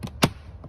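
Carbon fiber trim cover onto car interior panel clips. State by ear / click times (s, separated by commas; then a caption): seated / 0.2 s. A carbon fiber trim cover for the other side is started at its bottom clip, lined up on the car interior panel clips, and pressed in. A faint tap comes at 0.1 s, then a sharp, loud snap at 0.2 s as the trim clips into place, followed by a soft tick near 0.6 s. The trim piece is seated.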